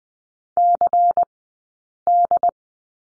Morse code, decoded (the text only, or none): CD